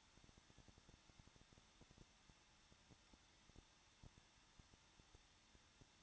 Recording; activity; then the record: daily activity, microphone in the room; no activity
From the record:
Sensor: 3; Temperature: 21.2 degrees Celsius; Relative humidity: 36.4%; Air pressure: 1006.4 hPa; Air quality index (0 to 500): 223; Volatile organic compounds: 44 ppm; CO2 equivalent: 3206 ppm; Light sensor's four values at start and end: 2/3/2/2 and 2/3/2/2